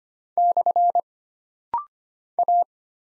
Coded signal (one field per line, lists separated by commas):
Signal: Morse code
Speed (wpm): 25 wpm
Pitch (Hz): 700 Hz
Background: none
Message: / A